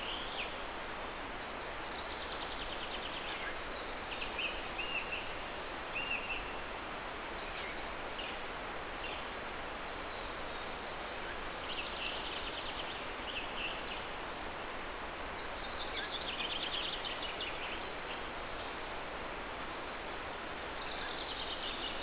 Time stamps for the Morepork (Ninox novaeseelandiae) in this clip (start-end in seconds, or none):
none